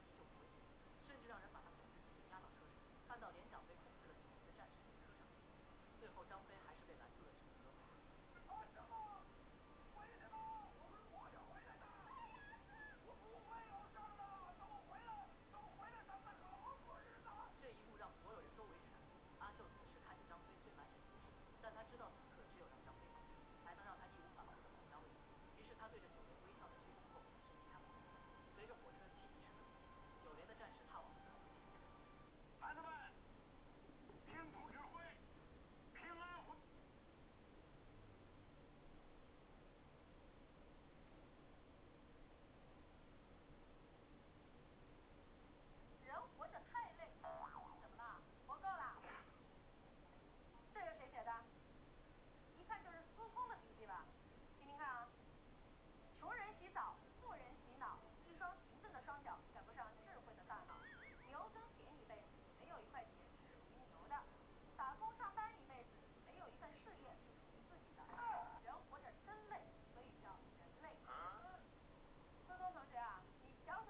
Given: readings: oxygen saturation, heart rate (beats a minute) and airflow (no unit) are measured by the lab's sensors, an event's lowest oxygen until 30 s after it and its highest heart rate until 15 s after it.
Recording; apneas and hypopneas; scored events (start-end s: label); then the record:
a person awake in a sleep study, by a voice recorder at the bedside; none
0.00-73.90 s: awake
From the record:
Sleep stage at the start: awake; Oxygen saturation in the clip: 92 to 95%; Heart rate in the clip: 53 to 78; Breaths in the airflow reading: 17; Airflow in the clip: -5.3 to 8.4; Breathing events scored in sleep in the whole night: 263 in 5.5 hours asleep